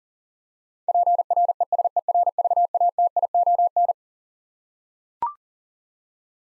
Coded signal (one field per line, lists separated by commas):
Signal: Morse code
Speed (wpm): 40 wpm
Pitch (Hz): 700 Hz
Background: none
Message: PRESERVATION